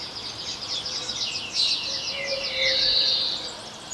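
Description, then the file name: European greenfinch twittering rapidly, then a long wheezy buzz; faint low tonal hum beneath. "Chloris chloris"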